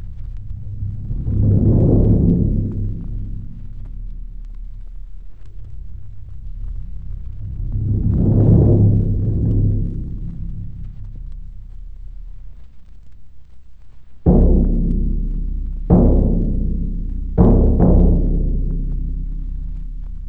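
Deep, booming orchestral bass drum: two slow rolls swell up and fade away like rumbling thunder, followed by three heavy single strikes, each ringing out with a low, resonant decay.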